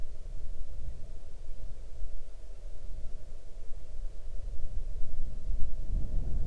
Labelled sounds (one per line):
waterfowl
wind